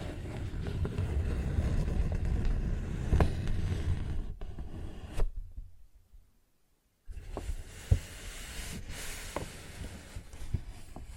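Paper bag being scratched and tapped: a dense, rough, low rustling fills the first five seconds, pierced by sharp taps around three and four seconds. It drops to near silence for about a second, then resumes more lightly with scattered crisp taps.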